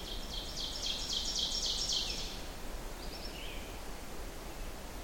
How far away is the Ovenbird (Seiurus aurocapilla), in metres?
about 35 m